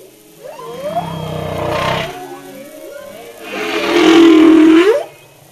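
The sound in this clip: Humpback whale song: thin gliding tonal whoops, then a low grumbling roar and a long moan ending in a quick upward sweep.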